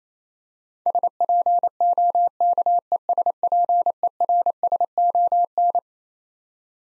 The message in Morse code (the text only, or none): SPOKESPERSON